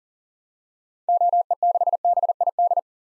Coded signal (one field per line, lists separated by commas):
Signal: Morse code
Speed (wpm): 40 wpm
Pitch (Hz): 700 Hz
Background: none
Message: OE6BID